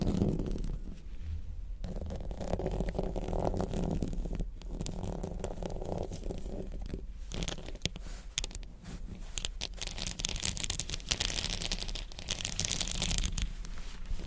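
Crystals, beads and jewels are tapped and scratched in a dense, busy stream of small clicks and rattles. Around the middle the sound grows brighter and crisper, with scraping and clinking. A low rumble runs underneath, and the level stays fairly even throughout.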